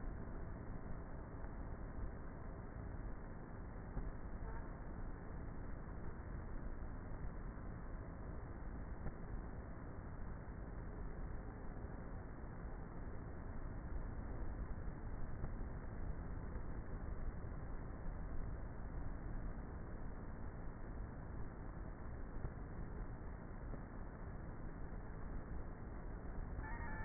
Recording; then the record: honeybee colony, microphone inside the hive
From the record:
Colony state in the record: queenless with a low population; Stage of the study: before two queens were removed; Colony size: about 30,000 bees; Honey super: no